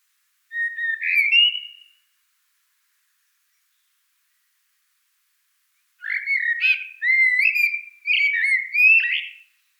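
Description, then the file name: Common blackbird singing: a short fluting phrase, a long pause, then a longer run of rich, warbled whistles with slurred twiddles. "Turdus merula"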